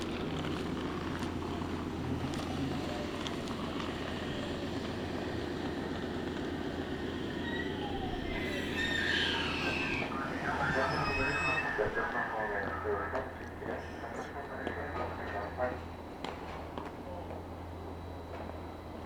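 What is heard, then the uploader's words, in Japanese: A ride aboard a train on the Meitetsu Bishi Line carries a steady low rumble and a constant deep hum throughout. Clicks and rattles tick by at a regular pace, with a brighter squeal swelling around eight to twelve seconds before the sound settles lower. 名鉄尾西線 玉ノ井→名鉄一宮→津島→弥富。名前の通り尾張の西側を走るのでほぼ単線区間ですが、乗車率はそこそこあります。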